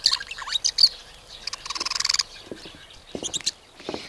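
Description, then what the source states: Budgerigar chirping: irregular chirps, warbles and clicks with a fast buzzy chatter. Budgies chirping happily to themselves in a pet shop.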